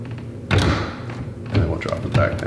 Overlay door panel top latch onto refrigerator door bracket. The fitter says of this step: And then we'll lift it up slightly until I feel it click on.